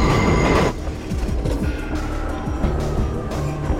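A subway train rumbles along the rails, starting with a loud roaring rush that drops to a steady, churning clatter with faint metallic whines and squeals running through it.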